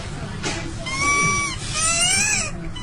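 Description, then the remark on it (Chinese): A squeaky dog toy inhaled by a boy of about five or six, in a hospital emergency room, squeals twice in long, wavering, high-pitched wheezes, each pulled out by his breath, over a low rumbling background. “小朋友自己吃了一个类似于尖叫鸡似的玩具，所以就是他哥们儿现在只要喘气儿，岁数特小，也就是看着得五六岁吧啊，只要是喘气儿，肚子里边这个尖叫鸡就得跟那儿，就刚才听到的声音，就这样的。”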